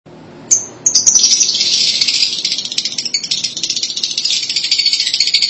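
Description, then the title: Lovebird chattering, a dense, continuous high-pitched buzzy twittering with rapid clicking pulses throughout, starting after a brief sharp squeak. "Suara Burung Lovebird"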